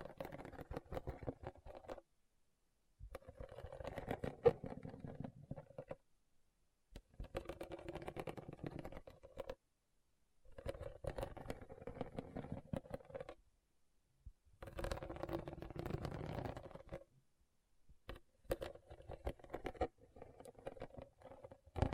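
Rhinestones being tapped and scratched in bursts of dense, rapid clicking and rustling, each lasting about two to three seconds. The bursts are separated by short gaps of near silence, about seven of them in all, with crisp bright ticks over a grainy scraping.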